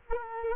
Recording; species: mosquito wingbeat signal from an infrared sensor; Culex quinquefasciatus